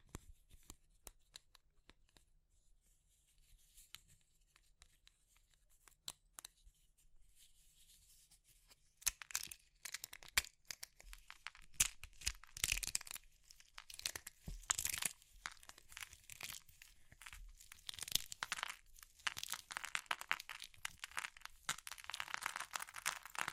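Brittle material such as chalk, soap or meringue is crushed, starting with sparse, quiet crackles and snaps for the first several seconds. Around nine seconds it turns much louder and denser, becoming a bright, gritty crunching and tearing texture that continues steadily to the end.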